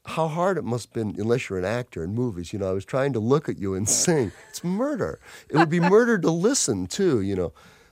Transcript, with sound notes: how hard it must have been, unless you're an actor in movies. You know, I was trying to look at you and sing. It's murder.
(LAUGHTER)
It would be murder to listen, too, you know.